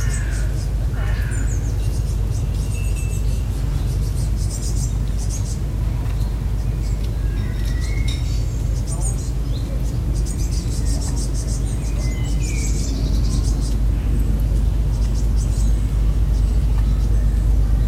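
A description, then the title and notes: Birdsong in a woodland glade, with short bright chirps and whistles scattered throughout, clustering more thickly around the middle and near the end. Beneath them runs a heavy, steady low rumble like traffic or wind that never lets up. It’s a sunny evening in a wooded glade on quiet stretch of the Isle of Wight's northern shore. Birdsong in a woodland glade on the Isle of Wight coast.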